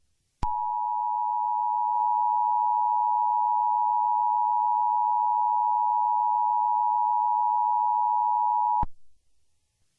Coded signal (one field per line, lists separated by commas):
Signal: Emergency Alert System (SAME) tones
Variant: 853 and 960 Hz attention tone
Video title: EAS Scenario: Moshi Monsters Shutdown